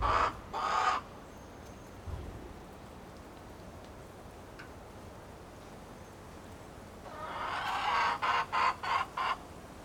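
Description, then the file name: Two sharp chicken squawks open, then near-quiet with a soft knock, before a grating cackle builds and breaks into five quick clucks at the end. Recorded in a henhouse at Appenthal. "poulailler appenthal"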